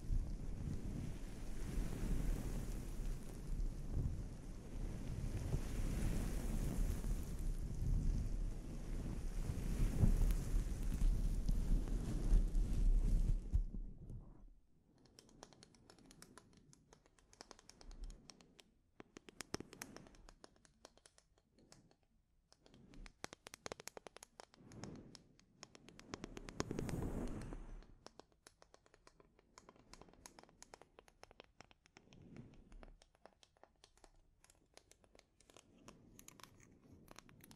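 A scalp treatment: for the first fourteen seconds a dense, steady rushing and rumbling fills everything, with a heavy low rumble underneath. It then cuts off abruptly, leaving quieter, irregular scratching and rubbing strokes, with a louder rustling burst around twenty-seven seconds.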